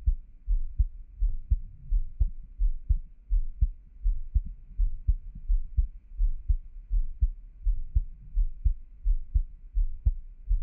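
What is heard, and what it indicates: Soft, regular low thumps repeat at about 83 per minute, with a steady rhythm and no other sounds. This is an adult heartbeat heard close to the chest, with no talking.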